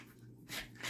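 A pistol is handled against a Cytac polymer holster while being worked toward its retention lock, over a steady low hum. Two soft, broadband rustling scrapes are heard, around 0.5 s and 0.85 s. Nothing has seated or clicked yet.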